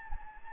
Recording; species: mosquito wingbeat signal from an infrared sensor; Anopheles gambiae